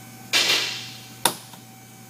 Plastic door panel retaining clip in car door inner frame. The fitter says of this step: You'll hear the snaps.